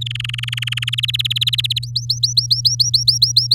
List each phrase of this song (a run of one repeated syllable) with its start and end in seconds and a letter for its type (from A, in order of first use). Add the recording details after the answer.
0.01-0.95 A, 0.98-1.79 B, 1.82-3.54 C. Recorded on 8 May 2018 at 11:50. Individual llb16